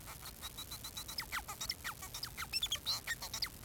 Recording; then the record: song of a male Bengalese finch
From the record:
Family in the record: son of father 4